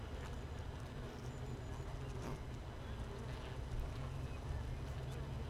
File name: Hive 1 31 05 2018 NO Queen Bee H 1 audio 15 30 00